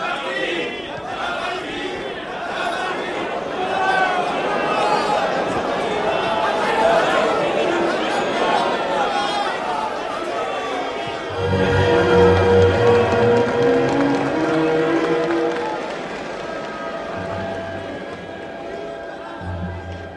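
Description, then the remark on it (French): A large crowd on a square clamors with overlapping cheers, shouts and applause as Lamartine proclaims the decree, a dense roar that swells louder in the second half before easing off toward the end. “Les applaudissements, les acclamations éclatent.”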